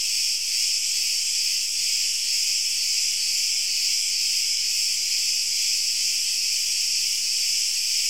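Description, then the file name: Crickets chirping in a dense, continuous high-pitched chorus with a faint pulsing throb, steady throughout with no other sounds. Crickets alone, with no other sounds. "Grillen Rein"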